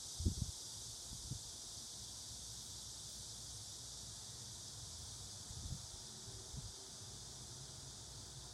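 Cicada buzzing in a steady, unbroken high drone, with a few low thumps and rustles near the start and again around six seconds.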